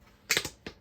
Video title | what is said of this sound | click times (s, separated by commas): Flosstube #5 - Mayniacs | there he just clicks right in there and it will hang up right next to my door I love it | 0.3 s